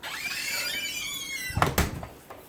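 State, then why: Not seated. A worn, waterlogged wooden entry door is shut against its damaged wooden jamb, with a long squealing creak as it swings. It thuds hard against the frame at about 1.6 s and again at 1.8 s, with a faint knock near 2.0 s. The latch does not catch and nothing has clicked, so the door pulls right back open.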